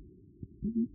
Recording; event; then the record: neck accelerometer signal played as sound; no cough (speech, laughter, throat clearing or background)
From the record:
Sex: female